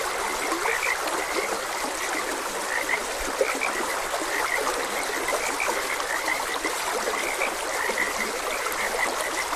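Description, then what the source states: Frogs give a dense run of short croaking notes, with no clear rhythm, mixed with the even hiss of a running stream. Frogs croaking beside a gentle stream.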